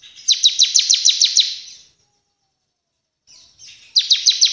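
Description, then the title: Bar-winged prinia: a fast series of high, sharp chips for over a second, silence, then another quick chipping burst begins. Actively singing bird; training recording for other cage birds; described as delivering three song types. "Ciblek gacor nembak 3 lagu untuk masteran"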